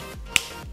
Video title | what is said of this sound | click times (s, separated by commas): iPhone 8 Kroma Case Collection & Review | just snaps into place and the | 0.4 s